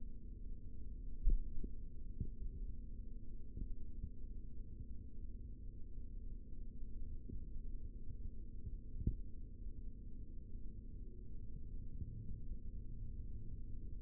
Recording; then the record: forearm muscle sounds (acoustic myography)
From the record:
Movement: rest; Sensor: system 3, bracelet of six PUI Audio POM-2738L microphones around the upper forearm, with dedicated amplification and filtering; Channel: 4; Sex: male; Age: 23 years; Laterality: right